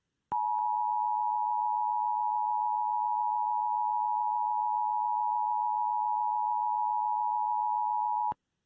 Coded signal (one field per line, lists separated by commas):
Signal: Emergency Alert System (SAME) tones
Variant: 853 and 960 Hz attention tone